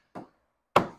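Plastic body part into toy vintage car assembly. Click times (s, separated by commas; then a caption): 0.8 s. A plastic body part is pushed inside a toy vintage car model assembly to lock it in place before two screws are fitted from below. A soft knock at about 0.2 s is followed by a sharp, much louder knock-like click at 0.8 s. The part locks in place.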